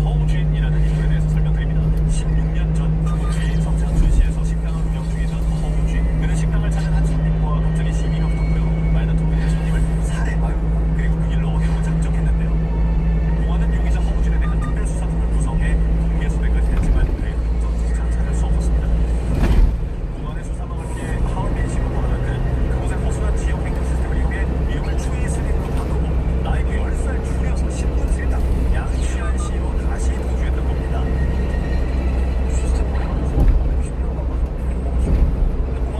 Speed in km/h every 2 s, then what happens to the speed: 53, 54, 54, 54, 55, 55, 56, 55, 57, 59, 61, 64, 66, 65, 64, 65, 64, 64.
0-14 steady at about 54. 14-24 speeds up to 66. 24-36 steady at about 64.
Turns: none.